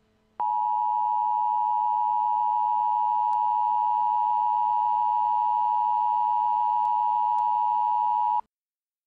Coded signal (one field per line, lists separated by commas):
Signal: Emergency Alert System (SAME) tones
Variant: 853 and 960 Hz attention tone